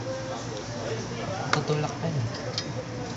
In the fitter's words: naka-lock na o